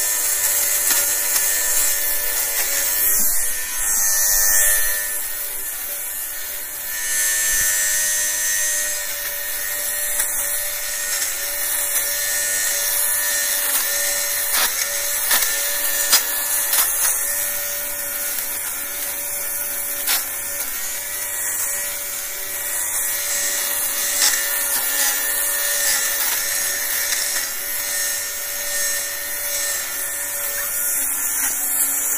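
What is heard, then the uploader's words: A fabric shaver runs steadily for the whole stretch, a bright, dense whirring buzz with a fine high hiss on top. Its tone stays nearly constant, with faint brief ticks and scratches as the blades catch fabric. ASMR: Fabric Shaving - No Talking, Fabric Sounds, White Noise. I needed to tidy some of my jumpers as they were pilling, so I thought to myself that my fabric shaver sound might make for some good ASMR white noise.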